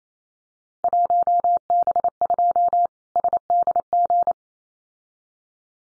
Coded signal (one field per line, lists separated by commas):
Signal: Morse code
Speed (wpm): 28 wpm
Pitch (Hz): 700 Hz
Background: none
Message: 1B2 SDG